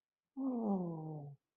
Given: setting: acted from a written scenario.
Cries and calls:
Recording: vocal sound without words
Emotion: sympathy

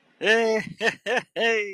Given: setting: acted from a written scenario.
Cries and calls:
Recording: vocal sound without words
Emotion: elation

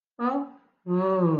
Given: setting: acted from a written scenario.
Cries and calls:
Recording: vocal sound without words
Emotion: neutral

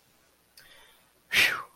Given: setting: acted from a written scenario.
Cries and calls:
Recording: vocal sound without words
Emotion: awe

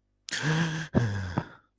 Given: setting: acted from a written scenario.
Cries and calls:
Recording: vocal sound without words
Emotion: distress

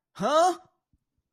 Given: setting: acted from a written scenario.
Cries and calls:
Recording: vocal sound without words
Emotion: negative surprise

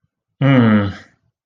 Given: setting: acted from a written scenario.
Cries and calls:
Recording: vocal sound without words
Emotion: contempt

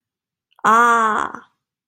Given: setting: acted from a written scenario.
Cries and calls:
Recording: vocal sound without words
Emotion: realization

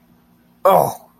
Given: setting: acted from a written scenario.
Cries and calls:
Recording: vocal sound without words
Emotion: pain

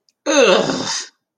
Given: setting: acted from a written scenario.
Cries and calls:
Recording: vocal sound without words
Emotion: negative surprise

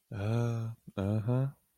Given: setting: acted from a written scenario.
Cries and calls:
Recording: vocal sound without words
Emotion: sympathy

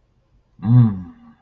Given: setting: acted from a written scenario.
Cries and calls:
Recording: vocal sound without words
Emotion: triumph

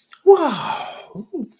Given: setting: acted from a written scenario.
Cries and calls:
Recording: vocal sound without words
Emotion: contentment

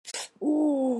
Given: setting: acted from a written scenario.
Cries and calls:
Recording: vocal sound without words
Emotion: shame

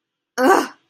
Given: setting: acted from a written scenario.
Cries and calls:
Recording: vocal sound without words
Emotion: anger

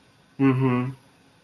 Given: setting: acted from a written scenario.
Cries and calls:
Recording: vocal sound without words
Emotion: sympathy

